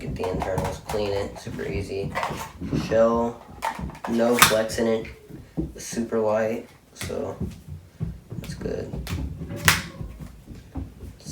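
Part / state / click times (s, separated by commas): base plate into airsoft magazine shell / seated / 9.7 s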